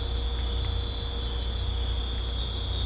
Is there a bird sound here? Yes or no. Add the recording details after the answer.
no. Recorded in secondary vegetation near Puerto Asís, Putumayo, Colombia, on 16 December 2024 at 19:00. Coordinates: 0.502, -76.326. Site G028